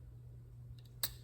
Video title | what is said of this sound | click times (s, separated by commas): 2012 Mercedes S550 W221 M278 - Spark Plug Wire Forensics | and you heard it snap in and then these flares | 1.0 s